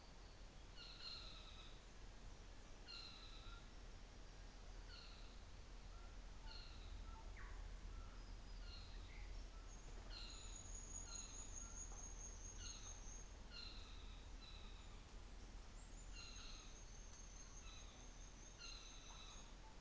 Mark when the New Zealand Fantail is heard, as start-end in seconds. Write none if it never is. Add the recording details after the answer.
9.30-13.51, 15.57-19.50. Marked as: faintness 3/5, faintness 4/5, faintness 2/5. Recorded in New Zealand on 24 December 2018. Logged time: 17:00